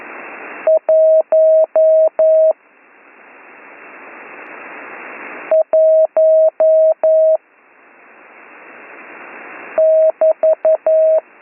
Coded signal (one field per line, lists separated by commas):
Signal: Morse code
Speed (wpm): 11 wpm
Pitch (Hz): 640 Hz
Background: radio noise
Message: 11 <BT>